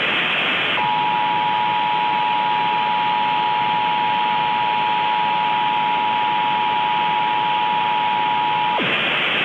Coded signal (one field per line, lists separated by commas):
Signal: Emergency Alert System (SAME) tones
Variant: 853 and 960 Hz attention tone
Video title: EAS Mock: San Mateo TOR (MTR) (16:9)